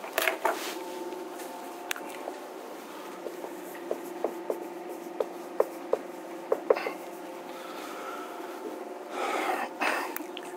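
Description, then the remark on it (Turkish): A pen or marker scratches and taps in short, irregular strokes, with sharp little clicks scattered over a steady low hum and a brief rustling burst near the end. No one speaks. “Nerede bizim kalemlerimiz?”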